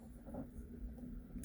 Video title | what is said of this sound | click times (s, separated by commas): Build #618 - P-40 Warhawk - Fedro | And how you do that is you back the crown off the threads until you hear it and feel it clicking. | 1.4 s